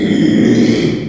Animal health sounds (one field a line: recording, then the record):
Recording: squeal of a Yucatan mini pig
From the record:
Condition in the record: after surgery on the right vocal fold (resection and tissue-engineered implant)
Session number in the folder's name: 2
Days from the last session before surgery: 13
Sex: male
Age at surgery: 12 weeks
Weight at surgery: 13 kg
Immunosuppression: cyclosporine, prednisolone